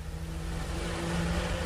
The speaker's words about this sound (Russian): Вот показалась длинная белая машина.